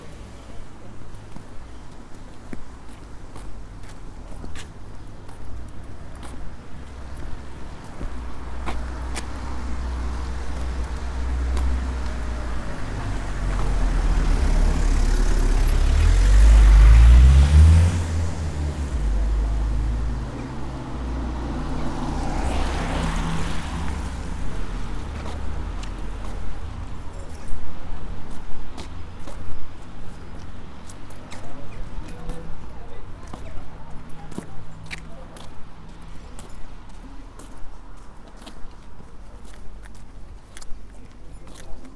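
Footsteps on a walk along the South West Coast Path, with a steady low rumble underneath. Around 15–18 seconds a vehicle swells past, loudest near 17 seconds, and another brighter whoosh follows near 23 seconds. Scattered sharp ticks and crunches continue throughout.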